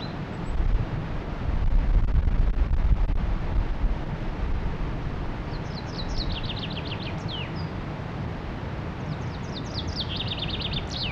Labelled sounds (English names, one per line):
Common Chaffinch song